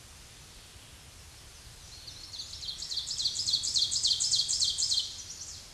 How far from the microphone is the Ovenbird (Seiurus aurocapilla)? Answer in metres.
about 10 m